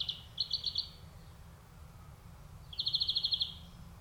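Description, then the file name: European greenfinch giving two quick bursts of high, rapid trilled notes with a quiet gap between them, a low hum underneath. "Chloris chloris"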